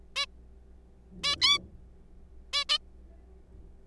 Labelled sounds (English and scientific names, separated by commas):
Zebra Finch (Taeniopygia guttata)